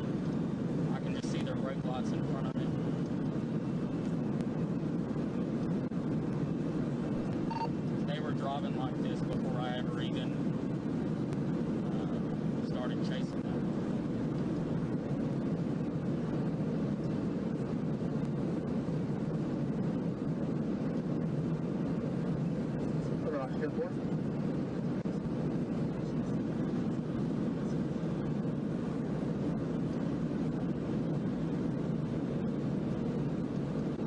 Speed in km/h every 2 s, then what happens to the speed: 240, 241, 241, 243, 243, 243, 241, 241, 241, 241, 241, 241, 241, 241, 241, 241, 241.
0-34 steady at about 241.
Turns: none.